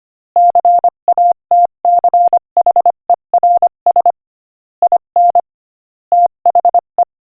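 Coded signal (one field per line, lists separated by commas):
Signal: Morse code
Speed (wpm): 24 wpm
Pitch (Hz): 700 Hz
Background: none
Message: CATCHERS IN THE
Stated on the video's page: Morse practice at 25 wpm.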